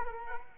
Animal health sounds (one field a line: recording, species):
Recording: mosquito wingbeat signal from an infrared sensor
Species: Culex quinquefasciatus